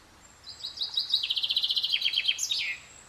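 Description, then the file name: Common chaffinch song: a run of bright, rapidly repeated notes that step down in pitch, ending in a short flourish. "Fringilla coelebs"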